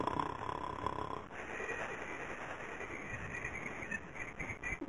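A rough, rattling breath noise from an adult snoring, with a short buzzy, fluttering stretch at the start, then a steadier, noisier passage over about five seconds.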